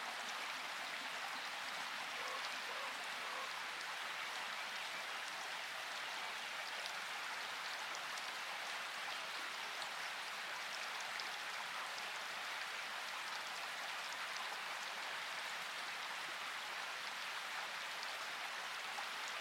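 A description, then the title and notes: Rain falls steadily on forest leaves, a dense, even patter of countless small drops that never lets up over the whole stretch. The sound sits bright and hissy with little low rumble, uniform from start to finish. Rain in the Enchanting Forest. Raindrops gently fall upon the lush forest foliage.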